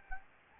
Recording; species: mosquito wingbeat signal from an infrared sensor; Anopheles gambiae